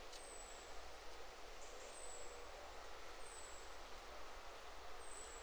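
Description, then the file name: Common chaffinch giving thin, high descending whistles at regular intervals of roughly one and a half seconds, against steady deep droning background noise. "Fringilla coelebs"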